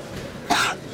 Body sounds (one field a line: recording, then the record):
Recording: coughing mixed with background sound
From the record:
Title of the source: 64 coughing, allergies, singing lungs